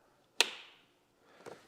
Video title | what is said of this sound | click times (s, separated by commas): Goldstrike Shock & Awe 2 0 LED Lights Installation for Honda Gold Wing | listen for the snap | 0.4 s